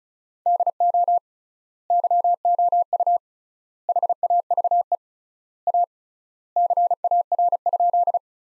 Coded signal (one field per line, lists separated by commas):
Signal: Morse code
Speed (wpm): 36 wpm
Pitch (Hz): 700 Hz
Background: none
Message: DO YOU HAVE A CAR?